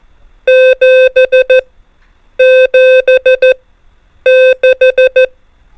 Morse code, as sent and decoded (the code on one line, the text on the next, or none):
--... / --... / -....
7 7 6